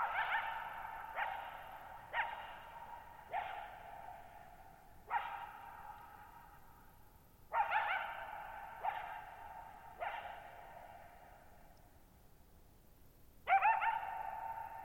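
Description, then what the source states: Coyote barks in irregular bursts, short sharp yaps repeated roughly every second with pauses, each followed by a long lingering echo; otherwise quiet. Lone coyote at night, July 14, 2019, Thirtymile Meadows, Okanogan National Forest, Okanogan High Country, Pacific Northwest, 6400 ft (1950 m); high dry plateau, shallow-bowl meadow with boggy ground.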